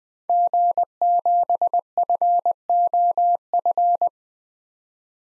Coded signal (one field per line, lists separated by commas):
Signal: Morse code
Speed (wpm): 21 wpm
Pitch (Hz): 700 Hz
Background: none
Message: G7FOF